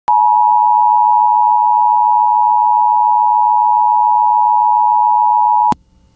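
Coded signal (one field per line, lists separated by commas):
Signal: Emergency Alert System (SAME) tones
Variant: 853 and 960 Hz attention tone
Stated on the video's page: Arkansas Severe Thunderstorm Warning EAS alert aired on an FM station.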